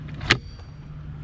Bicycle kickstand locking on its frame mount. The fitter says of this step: I mean, hear that click.